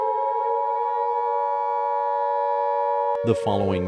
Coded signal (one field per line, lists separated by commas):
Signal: Emergency Alert System (SAME) tones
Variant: 853 and 960 Hz attention tone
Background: speech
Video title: EAS Scenario - Strange Alien Object